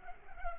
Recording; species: mosquito wingbeat signal from an infrared sensor; Culex pipiens